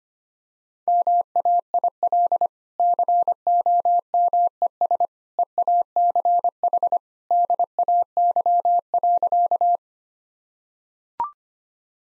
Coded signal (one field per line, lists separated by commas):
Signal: Morse code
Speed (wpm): 25 wpm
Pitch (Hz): 700 Hz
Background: none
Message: MAIL COMES EACH DAY.